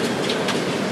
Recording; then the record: background sound without coughing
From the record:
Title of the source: Office Sounds Ambience - Background Noise for Study and Work